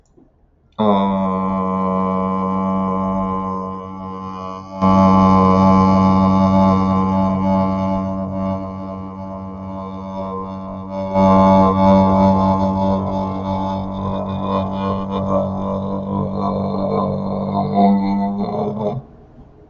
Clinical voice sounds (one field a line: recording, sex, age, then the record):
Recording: vowel held as long as possible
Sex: male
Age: 20 to 29 years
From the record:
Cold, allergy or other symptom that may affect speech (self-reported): no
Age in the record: 27 years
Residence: Nevada, United States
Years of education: 14